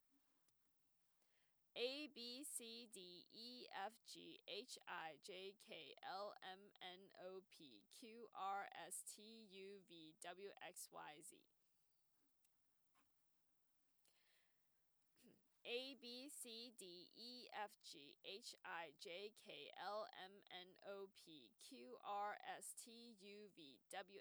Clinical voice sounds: letters of the alphabet, spoken; free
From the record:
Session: first day, before the bite bar

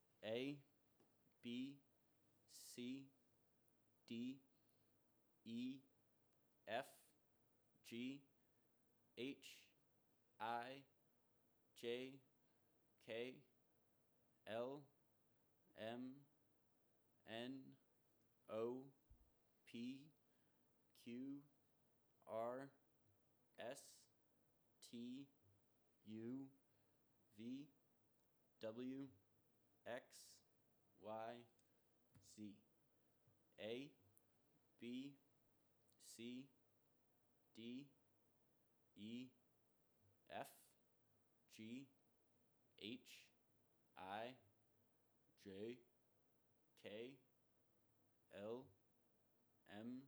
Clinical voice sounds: letters of the alphabet, spoken; free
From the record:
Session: first day, before the bite bar

